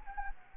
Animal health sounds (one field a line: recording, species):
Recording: mosquito wingbeat signal from an infrared sensor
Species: Anopheles gambiae